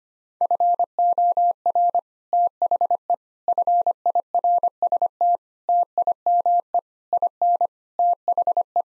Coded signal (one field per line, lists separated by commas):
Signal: Morse code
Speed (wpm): 25 wpm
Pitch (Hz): 700 Hz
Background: none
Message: FOR THE FIRST TIME IN THE